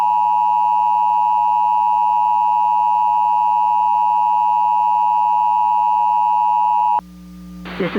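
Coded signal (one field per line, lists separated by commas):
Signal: Emergency Alert System (SAME) tones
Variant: 853 and 960 Hz attention tone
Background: speech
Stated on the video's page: Mock EAS alert, imagined rather than real.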